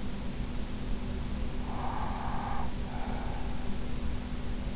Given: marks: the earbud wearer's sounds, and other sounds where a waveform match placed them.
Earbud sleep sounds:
sounds in sleep by an in-ear microphone; breath
1.57-3.54 s: breath

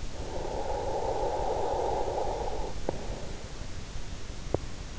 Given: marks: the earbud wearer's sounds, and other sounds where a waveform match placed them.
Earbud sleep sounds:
sounds in sleep by an in-ear microphone; breath
0.24-3.33 s: breath

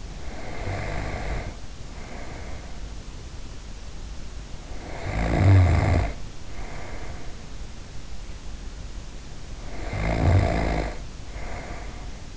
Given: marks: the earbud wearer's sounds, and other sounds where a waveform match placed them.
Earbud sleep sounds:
sounds in sleep by an in-ear microphone; snoring breath
0.00-2.96 s: snoring breath
4.55-7.75 s: snoring breath
9.49-12.37 s: snoring breath

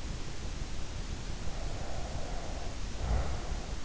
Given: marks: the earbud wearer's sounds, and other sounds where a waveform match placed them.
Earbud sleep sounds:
sounds in sleep by an in-ear microphone; breath
1.41-3.83 s: breath

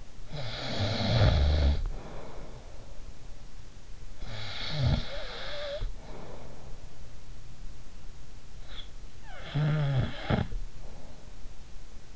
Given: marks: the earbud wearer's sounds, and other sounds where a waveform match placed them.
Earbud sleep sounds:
sounds in sleep by an in-ear microphone; snoring breath
0.00-12.16 s: snoring breath

